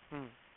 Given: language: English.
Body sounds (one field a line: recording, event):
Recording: throat vibration sensor signal played as sound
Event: speech